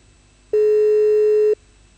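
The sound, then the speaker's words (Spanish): A telephone busy signal during a call to the Policía de Seguridad Aeroportuaria: one steady, mid-pitched electronic tone lasting about a second, loud and clean against faint background hiss, with no talking. “Yo me comuniqué recién, me cortaron el teléfono.”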